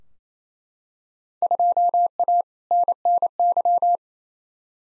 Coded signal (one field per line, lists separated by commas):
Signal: Morse code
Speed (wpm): 28 wpm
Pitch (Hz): 700 Hz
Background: none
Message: 2A NNY